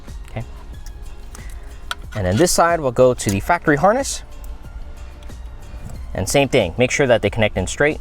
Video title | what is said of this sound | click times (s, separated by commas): Most People Upgrade the Wrong Thing - Factory Audio Upgrade | So just make sure when you're connecting any of these connectors, make sure they're going straight and until you hear a click, okay? | 1.9 s